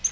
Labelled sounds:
Yellow-rumped Warbler flight call

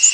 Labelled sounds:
Kentucky Warbler flight call

